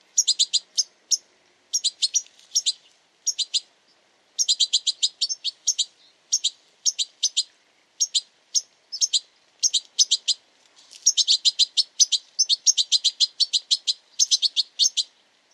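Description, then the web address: Bird giving sharp, high clicking chips in quick short clusters separated by pauses, becoming denser in the later part. "Deverinetal. Bird Only"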